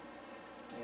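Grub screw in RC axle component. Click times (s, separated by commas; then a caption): 0.7 s. A small metal grub screw is tightened into an RC axle part, its threads feeling rough against a steady low background. At 0.7 s a sudden brief click-like sound rises above the background as the grub screw strips out.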